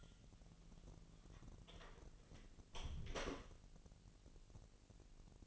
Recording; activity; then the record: daily activity, microphone in the room; close door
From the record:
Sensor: 4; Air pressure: 1002.1 hPa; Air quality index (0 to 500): 248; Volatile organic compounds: 41 ppm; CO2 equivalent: 3168 ppm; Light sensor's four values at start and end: 9/20/8/7 and 10/22/8/8